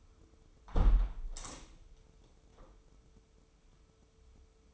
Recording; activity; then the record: daily activity, microphone in the room; close window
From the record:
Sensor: 1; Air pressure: 995.8 hPa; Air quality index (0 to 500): 50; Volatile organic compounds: 1 ppm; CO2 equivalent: 929 ppm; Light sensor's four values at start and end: 30/104/40/42 and 30/103/40/41